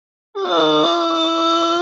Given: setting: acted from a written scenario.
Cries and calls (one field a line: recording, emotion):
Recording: vocal sound without words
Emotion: sadness